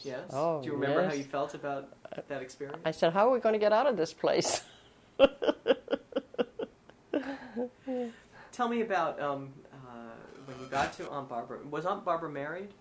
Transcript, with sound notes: Oh, yes.
Do you remember how you felt about that experience?
I said, "How are we going to get out of this place?" [Laughs]
Tell me about when you got to Aunt Barbara — was Aunt Barbara married?